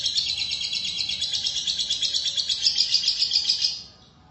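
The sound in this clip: Lovebird song: a rapid, harsh, buzzy chatter of high notes pulsing steadily for nearly four seconds, then stopping abruptly.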